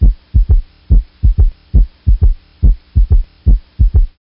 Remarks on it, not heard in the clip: S3 is an extra sound that occurs immediately after S2. Word Kentucky to help you understand the cadence of S3, which comes immediately after the S2. So S1 is Ken, S2 is Tuck, and S3 is Key. During the initial period of diastole, the ventricles relax and rapidly pull blood in from the atria. The incoming blood rushes in and collides into the blood already in the ventricles.